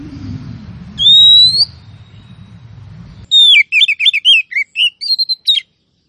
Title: Kacer BETINA Memanggil Kacer JANTAN agar GACOR